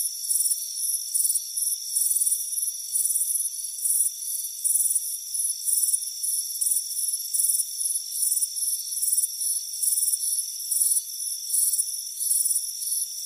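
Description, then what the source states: Cricket chirps, high and pulsing, rapidly repeated over a steady whine. Crickets chirping on a warm afternoon by a front porch.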